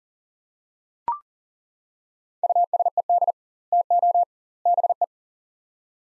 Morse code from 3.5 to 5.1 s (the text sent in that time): TO BE